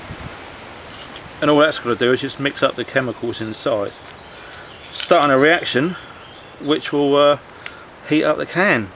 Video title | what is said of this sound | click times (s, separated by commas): SHTF Bug out Vehicle Exercise Weekender - Day 1 | all the way down to the bottom till you hear it click | 1.2 s